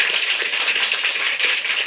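Steady, dense applause from an audience at the end of an evening lecture, a continuous crackle of many hands clapping at an even loudness throughout, with no voices over it.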